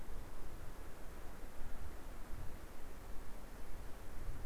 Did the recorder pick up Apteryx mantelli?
no